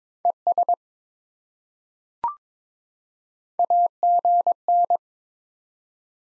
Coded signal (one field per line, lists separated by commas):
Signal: Morse code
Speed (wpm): 22 wpm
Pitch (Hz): 700 Hz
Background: none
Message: ES AGN